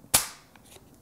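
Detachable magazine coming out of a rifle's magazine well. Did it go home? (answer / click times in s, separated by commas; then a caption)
released / 0.2 s. The detachable magazine is released and removed from the magazine well of a Blaser R8 Long Range GRS .338 LM straight-pull rifle, which decocks automatically at the same moment. A single sharp mechanical click is heard at 0.2 s, followed by a brief ringing decay and a couple of faint small ticks. The magazine comes free of the rifle.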